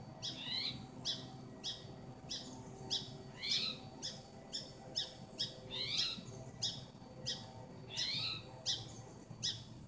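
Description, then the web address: Spotted towhee giving rapid, repeated buzzy calls, each a harsh slurred note, roughly two per second throughout, over a low steady background hum. "2012 10 spotted-towhee"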